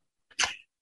It sounds like a dog is actually inhaling their sneezes, hence that name reverse sneezing came about. It's a loud snorting sound that can sometimes sound like a goose honking.